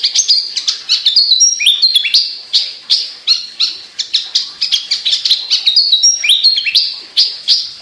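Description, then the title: Javan bush lark song, a fast run of high chirps, trills and short whistled slurs, several notes each second, continuous throughout. Local name branjangan; described as gacor, meaning singing vigorously; bird or song style called Petir. "Branjangan Gacor Petir 1"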